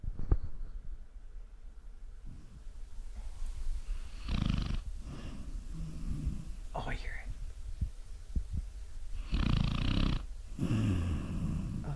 A dog snore.